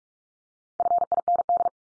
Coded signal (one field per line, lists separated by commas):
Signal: Morse code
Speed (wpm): 44 wpm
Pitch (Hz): 700 Hz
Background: none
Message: FIND